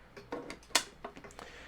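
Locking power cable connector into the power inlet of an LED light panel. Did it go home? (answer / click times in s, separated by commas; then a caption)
yes / 0.8 s. A locking twist-type power cable connector is pushed into the power inlet on an LED light panel. A few soft clicks and taps lead up to one loud, sharp click at 0.8 s as the connector pops into place and seats, followed by quieter clicks.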